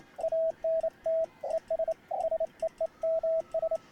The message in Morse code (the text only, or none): ANT ES SEEMS